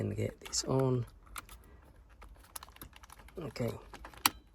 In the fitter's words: Push that in there. It clicks in.